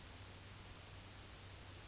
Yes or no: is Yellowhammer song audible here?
no